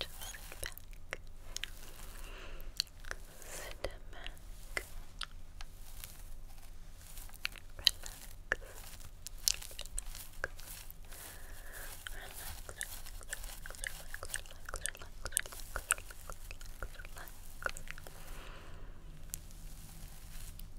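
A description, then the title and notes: A head massage and hair brushing, full of crisp scratches, rustles and sharp clicks that come irregularly but closely spaced throughout, with a few louder snaps near the eight-second mark. A steady low hum runs underneath. Head Massage & Hair Brushing.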